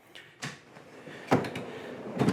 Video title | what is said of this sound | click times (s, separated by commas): DIY Short Bed Truck Camper Build, The PERFECT Design! | Just like that, and it locks into place. | 1.3 s